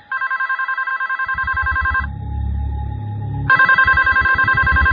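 telephone ringing

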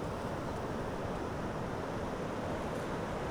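ocean waves

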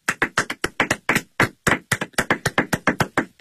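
audience applause

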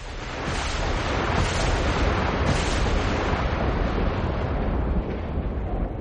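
thunder crashing

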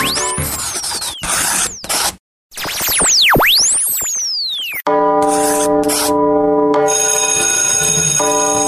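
bell ringing

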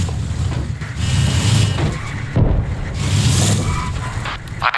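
helicopter flying

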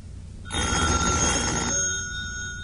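telephone bell ringing

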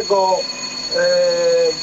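alarm ringing

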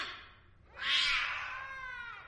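cat meowing softly

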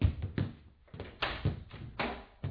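door being opened

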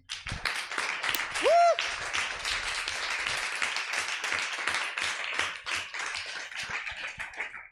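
audience applause

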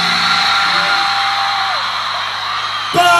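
crowd cheering and applauding

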